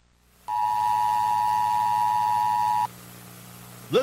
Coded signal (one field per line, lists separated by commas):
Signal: Emergency Alert System (SAME) tones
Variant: 853 and 960 Hz attention tone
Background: speech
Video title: The Evolution of the Emergency Broadcast System (E.B.S.)